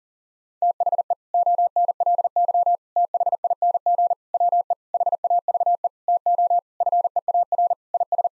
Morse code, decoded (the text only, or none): THE ONLY THING WE HAVE TO FEAR IS